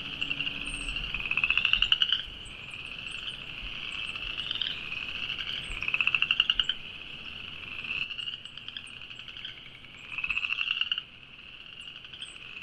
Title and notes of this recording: Field Recording: A Sonic Landscape of Moccasin Bend. Forests and wetlands tucked into a big bend of the Tennessee River in Chattanooga, Tennessee